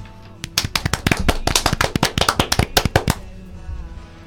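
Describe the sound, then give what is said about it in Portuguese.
A short burst of applause from a small group for a participant's effort: sharp, distinct claps in a loose, uneven rhythm that lasts about three seconds, then gives way to quiet room noise. “Palmas.”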